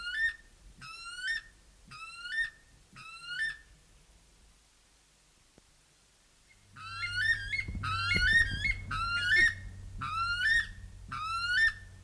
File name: buff weka song